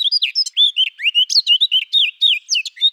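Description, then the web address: Eurasian blackcap song: a fast, continuous warble of varied clear whistled and chattering notes, high-pitched and tumbling without pause through the whole stretch. "Sylvia atricapilla"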